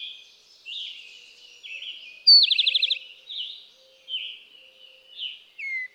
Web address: songs Eastern Towhee